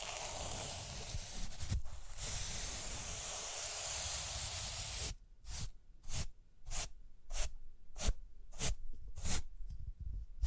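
Rhinestones get a steady, dense, bright scratching and brushing for about five seconds, then a run of sharp, evenly spaced taps, roughly two per second.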